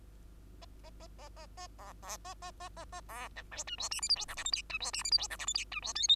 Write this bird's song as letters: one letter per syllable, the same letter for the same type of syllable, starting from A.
A A A A A A B B A A A A A B C D E F G H I J K L M N E F G H I J K L M N E F O P